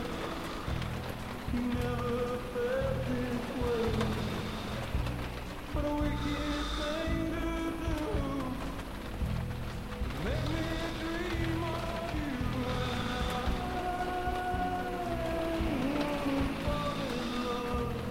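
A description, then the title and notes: Rain falls steadily and densely on a rainy night, a constant hiss with a low rumble underneath. Over it, sustained tones rise, hold and slide back down, returning in waves roughly every five seconds throughout. A Rainy Night by the Ocean.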